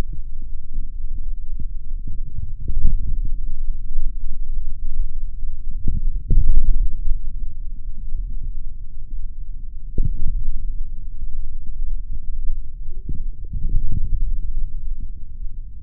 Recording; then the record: forearm muscle sounds (acoustic myography)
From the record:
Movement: forearm supination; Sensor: system 3, bracelet of six PUI Audio POM-2738L microphones around the upper forearm, with dedicated amplification and filtering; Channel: 4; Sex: male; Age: 26 years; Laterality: right